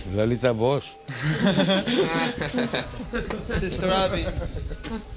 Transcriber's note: laughter